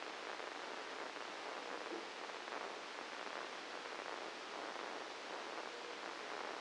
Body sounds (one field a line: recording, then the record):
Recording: brain microelectrode recording played as sound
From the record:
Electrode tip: outside the subthalamic nucleus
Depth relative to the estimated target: 5 mm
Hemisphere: left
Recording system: NeuroSet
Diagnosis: Parkinson's disease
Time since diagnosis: 9 years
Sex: male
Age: 56 years